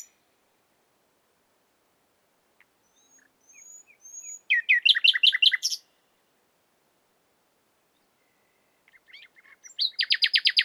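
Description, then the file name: Common nightingale song: thin whistles building into a fast rattling series of notes, silence, then another rapid, even trill of repeated notes. "Luscinia megarhynchos"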